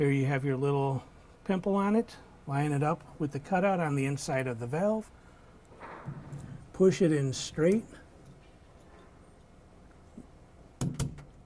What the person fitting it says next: there it goes you'll feel it pop into place